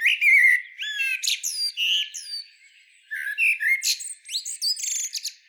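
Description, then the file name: Common blackbird song of fluted, slurred whistles and strained high twitters, in two phrases split by a brief pause. "Turdus merula"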